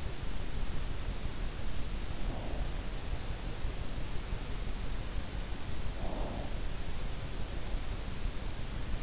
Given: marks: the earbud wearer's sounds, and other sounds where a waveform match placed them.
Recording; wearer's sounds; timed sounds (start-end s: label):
sounds in sleep by an in-ear microphone; breath
2.24-2.73 s: breath
5.89-6.57 s: breath